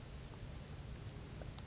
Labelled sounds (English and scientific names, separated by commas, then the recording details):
Western Flycatcher (Empidonax difficilis)
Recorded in Sonoma County, California